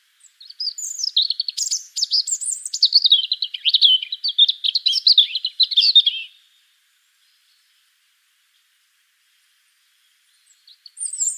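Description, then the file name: European robin singing a long, varied, fluty warbling phrase lasting about six seconds, then silence before a brief high note at the end. "Erithacus rubecula"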